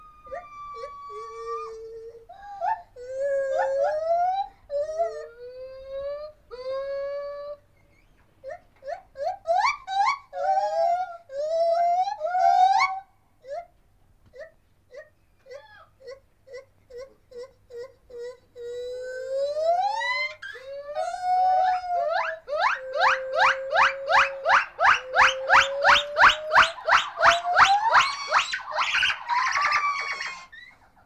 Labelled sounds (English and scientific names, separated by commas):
Lar Gibbon (Hylobates lar)